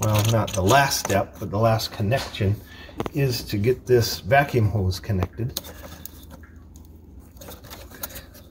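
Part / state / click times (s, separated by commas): vacuum hose quick-connect onto car emission purge valve / not seated / none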